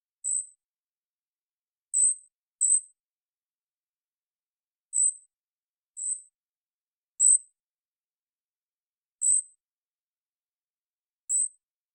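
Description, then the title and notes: Golden-crowned kinglet uttering very high, thin, short call notes at irregular intervals, sometimes in quick pairs, against a completely quiet background. Calls; parabolic single-species recording in the Pacific Northwest, Washington, United States, processed for clarity with natural pace and rhythm kept. "BIRDSong Kinglets - GoldenCrowned Kinglet Calls. Golden-crowned Kinglet, Regulus satrapa, calls, parabolic single-species recording, processed for clarity, natural pace and rhythym maintained Recorded in the beautiful Pacific Northwest in Washington, Unister States"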